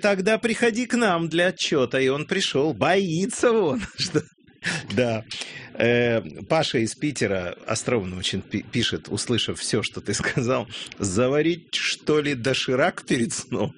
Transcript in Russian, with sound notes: «Тогда приходи к нам для отчета» - и он пришел. Боится он, что. (смеется) Паша из Питера остроумно очень пишет, услышав все что ты сказал: «Заварить что-ли Доширак перед сном?»